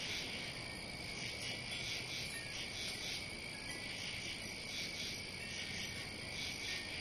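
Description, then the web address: Cricket chirping, a dense high-pitched trill that holds steady throughout, with faint rhythmic pulses on top and steady background hiss. "сверчки"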